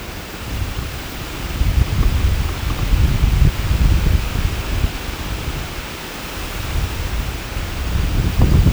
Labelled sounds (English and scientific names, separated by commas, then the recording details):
none
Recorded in pastures near Puerto Asís, Putumayo, Colombia, on 24 March 2025 at 18:00
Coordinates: 0.472, -76.329
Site G074